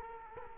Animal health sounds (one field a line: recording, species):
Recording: mosquito wingbeat signal from an infrared sensor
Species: Culex quinquefasciatus